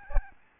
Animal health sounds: mosquito wingbeat signal from an infrared sensor; Aedes albopictus

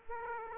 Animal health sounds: mosquito wingbeat signal from an infrared sensor; Aedes aegypti

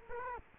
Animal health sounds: mosquito wingbeat signal from an infrared sensor; Culex quinquefasciatus

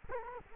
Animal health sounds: mosquito wingbeat signal from an infrared sensor; Culex quinquefasciatus

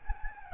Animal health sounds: mosquito wingbeat signal from an infrared sensor; Aedes albopictus

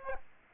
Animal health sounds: mosquito wingbeat signal from an infrared sensor; Aedes aegypti

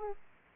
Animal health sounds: mosquito wingbeat signal from an infrared sensor; Aedes aegypti

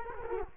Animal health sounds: mosquito wingbeat signal from an infrared sensor; Culex quinquefasciatus

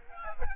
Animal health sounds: mosquito wingbeat signal from an infrared sensor; Aedes albopictus

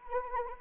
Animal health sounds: mosquito wingbeat signal from an infrared sensor; Anopheles arabiensis

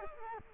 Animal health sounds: mosquito wingbeat signal from an infrared sensor; Culex quinquefasciatus

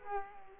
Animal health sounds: mosquito wingbeat signal from an infrared sensor; Culex quinquefasciatus

